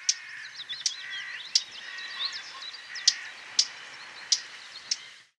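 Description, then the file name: Eurasian blackcap giving sharp tack notes at irregular intervals, over a chorus of other birds singing. "Sylvia atricapilla"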